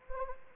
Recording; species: mosquito wingbeat signal from an infrared sensor; Anopheles arabiensis